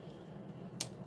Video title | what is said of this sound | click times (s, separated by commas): Dual $10k Command Center build (part 2) | I heard the click. | 0.8 s